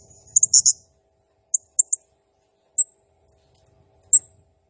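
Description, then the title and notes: Blue-crowned hanging parrot, sparse high-pitched chirps: a fast little cluster, then a few single sharp notes spaced apart. Local name serindit; lively nembak gacor singing; recording used as masteran, a lure and training sound for other birds. "Burung Serindit Nembak Gacor Bikin Emosi Semua Burung. Suara Nasteran Dan Pemikat Burung Serinditan Gacor"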